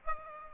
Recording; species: mosquito wingbeat signal from an infrared sensor; Aedes aegypti